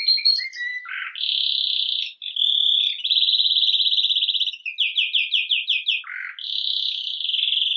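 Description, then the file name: Canary song made of chip notes, a rough low burst, then long smooth rolling trills and a run of quick notes. "Canary Voice"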